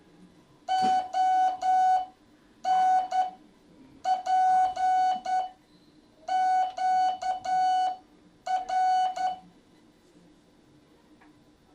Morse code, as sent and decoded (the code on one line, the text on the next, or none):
--- / -. / .--. / --.- / .-.
O N P Q R